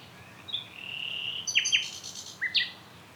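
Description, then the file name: Common nightingale song: a long, steady whistled note, then two sharp clicking strokes and two bright chirps. "Luscinia megarhynchos"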